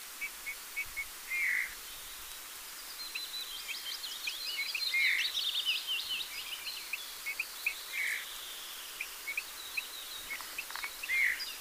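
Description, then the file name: Eurasian bullfinch giving a few soft piping whistles spaced several seconds apart, amid busy high-pitched twittering of other birds. "Pyrrhula pyrrhula"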